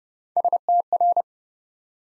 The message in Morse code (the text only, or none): STR